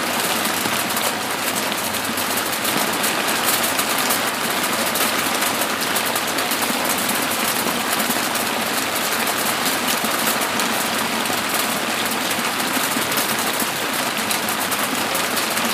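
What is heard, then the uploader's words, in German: Rain falls on a tarp shelter by a mountain lake, a dense, unbroken hiss that holds the same level for the whole stretch. Countless fine drop taps patter quickly and evenly across the surface, with a soft low rumble underneath and nothing else breaking through. Natur - Oberer Wildalmsee, Kitzbühler Alpen. Aufnahme des Regens, den ich am oberen Wildalmsee in den Kitzbühler Alpen aufgenommen habe, im Schutz meiner Biwakplane.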